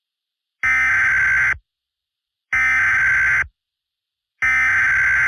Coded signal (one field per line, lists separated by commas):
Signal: Emergency Alert System (SAME) tones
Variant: header bursts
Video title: IN THE PRAIRIE: [EAS Tornado Scenario]